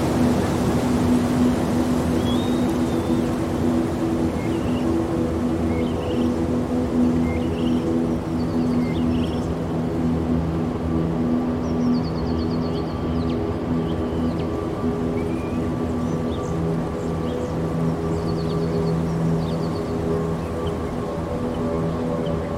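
Forest ambience with a steady low rumbling hum and faint steady tones, while soft bird chirps flicker sparsely above throughout.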